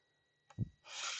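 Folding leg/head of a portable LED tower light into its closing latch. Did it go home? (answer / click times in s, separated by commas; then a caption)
no / none. The legs and head of a Milwaukee M18 ROCKET 2131-20 Dual Power LED Tower Light are being folded closed toward their latch. After a quiet start, a short tap at 0.5 s and a low thump around 0.6 s are followed by a rising broad rubbing, scraping hiss that lasts to the end over faint steady high tones. Nothing has clicked or latched yet.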